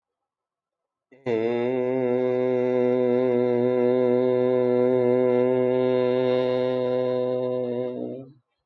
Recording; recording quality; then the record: sustained vowel as in made; excellent, no background noise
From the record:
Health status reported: healthy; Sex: male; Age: 47 years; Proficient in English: yes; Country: India